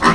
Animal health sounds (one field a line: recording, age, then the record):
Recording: pig call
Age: piglet (1 to 25 days)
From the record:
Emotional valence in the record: positive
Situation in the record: reunion after long isolation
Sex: female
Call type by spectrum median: low-frequency call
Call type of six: low-frequency tonal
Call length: 0.15 s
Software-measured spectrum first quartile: 479 Hz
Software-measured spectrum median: 1054 Hz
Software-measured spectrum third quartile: 1592 Hz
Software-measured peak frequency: 1040 Hz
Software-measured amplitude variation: 95 dB a second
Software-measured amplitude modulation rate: 6.9 a second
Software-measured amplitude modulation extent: 13.9 dB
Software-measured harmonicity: -0.8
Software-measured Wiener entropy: -0.95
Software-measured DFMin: 770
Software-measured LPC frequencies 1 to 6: 1145, 1850, 2869, 4246, 5455, 6434 Hz